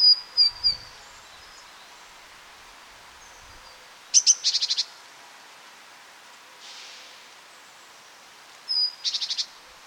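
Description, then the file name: Great tit calls: thin high notes, then bursts of harsh rapid churring, repeated twice with a pause of several seconds. "Parus major"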